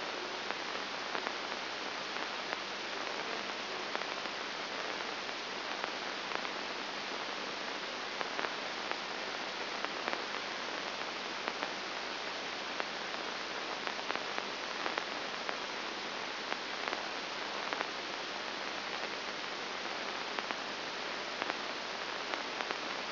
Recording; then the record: brain microelectrode recording played as sound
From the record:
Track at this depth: inside the subthalamic nucleus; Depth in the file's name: 1.504 mm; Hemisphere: left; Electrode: 2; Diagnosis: Parkinson's disease